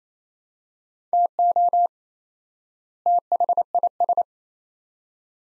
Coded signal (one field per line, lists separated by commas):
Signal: Morse code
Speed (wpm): 28 wpm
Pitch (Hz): 700 Hz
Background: none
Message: TO THIS